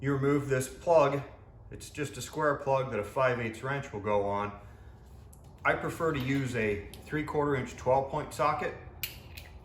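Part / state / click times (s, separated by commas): socket on a differential fill plug / seated / 9.0 s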